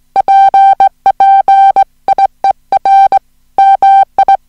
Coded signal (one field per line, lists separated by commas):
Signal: Morse code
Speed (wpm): 18 wpm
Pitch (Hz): 780 Hz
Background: music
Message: PP IER MI